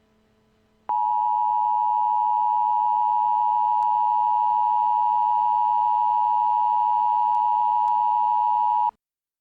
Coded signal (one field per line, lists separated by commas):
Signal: Emergency Alert System (SAME) tones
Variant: 853 and 960 Hz attention tone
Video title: EAS Scenario - Lord Stanley Bitterness: Singing The Blues